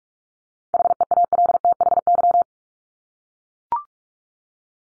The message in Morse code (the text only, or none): HEALTHY